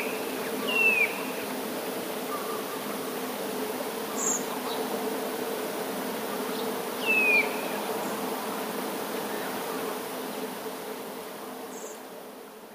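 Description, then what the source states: Eurasian nuthatch calling: two short, clear notes sliding downward, about six seconds apart, over a steady low hum with a few faint high ticks. Contact calls.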